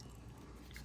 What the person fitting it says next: listen for it to click just like that and that's all it takes to install